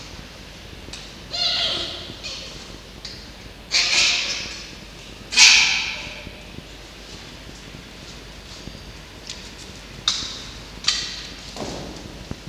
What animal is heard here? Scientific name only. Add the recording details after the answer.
Vulpes vulpes. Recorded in captivity. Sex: male. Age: diverse. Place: Zoologisches Institut der HUB, Berlin, DE. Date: 1952-07-26. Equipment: Elmetra. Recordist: Tembrock, Günter